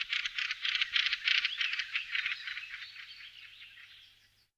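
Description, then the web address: Bird song: a fast, dry, high chattering trill of rapid notes that slowly fades away. "bird voice"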